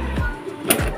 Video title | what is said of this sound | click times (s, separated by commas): How to Assemble Shoe Rack Organizer | Ayun may narinig kayong click ibig | 0.7 s